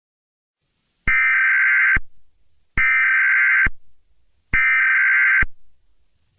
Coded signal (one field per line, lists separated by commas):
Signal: Emergency Alert System (SAME) tones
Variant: header bursts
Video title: EAS Scenario - The Colliders, Re-imagined (Part I)